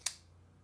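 A VOSTEED pocket knife blade is opened until its top-mounted liner lock, which works like a compression lock with a small button, engages against the large stop bar in the handle. A single sharp, bright click sounds at 0.1 s and fades within about a tenth of a second, leaving only a faint low hum. The blade lock clicks solidly into place and is seated.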